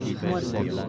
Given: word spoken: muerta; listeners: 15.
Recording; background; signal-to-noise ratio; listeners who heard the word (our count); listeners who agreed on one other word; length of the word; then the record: one Spanish word in noise, from a listening test; eight-talker babble; -2.0 dB; 0 of 15; 7 of 15; 0.49 s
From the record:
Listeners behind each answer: 7, 5, 1, 1, 1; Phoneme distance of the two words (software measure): 10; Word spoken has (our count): 2 syllables, 6 phonemes, stress on syllable 1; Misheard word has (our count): 2 syllables, 6 phonemes, stress on syllable 1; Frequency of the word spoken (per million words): 24.58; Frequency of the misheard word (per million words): 277.53